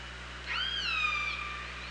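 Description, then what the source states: Orca call underwater: a single rising then slowly falling whistled tone with layered harmonics, about one second long, over steady low hum and hiss. OrcaLab hydrophone, 24 August 2017, at about 07:56.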